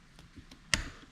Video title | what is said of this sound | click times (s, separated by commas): We Built a Frankenmotor for Halloween! | Feels good. You feel it click right on there. | 0.7 s